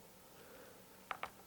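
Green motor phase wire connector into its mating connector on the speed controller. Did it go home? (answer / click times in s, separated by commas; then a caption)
yes / 1.1 s, 1.2 s. While replacing a part on a Backfire Galaxy 2 (G2), the green motor phase wire connector is pushed into its mating connector on the speed controller before the plastic cover goes back on. After a quiet low hum, two sharp clicks ring out at 1.1 s and 1.2 s. The connector pops into place and is seated.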